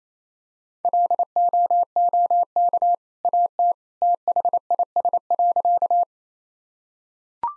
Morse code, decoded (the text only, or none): LOOK AT THIS.